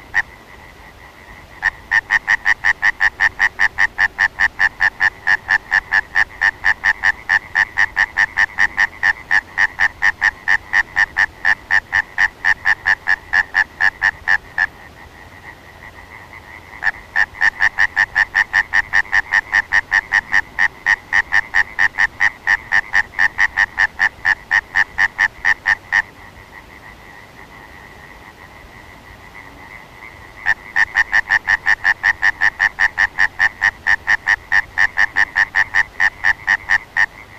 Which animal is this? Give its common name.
Common Tree Frog